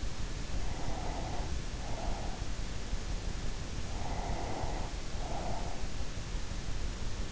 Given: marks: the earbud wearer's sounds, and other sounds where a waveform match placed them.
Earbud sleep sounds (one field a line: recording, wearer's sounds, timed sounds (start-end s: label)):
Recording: sounds in sleep by an in-ear microphone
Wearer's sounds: breath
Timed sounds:
0.74-2.74 s: breath
3.77-5.88 s: breath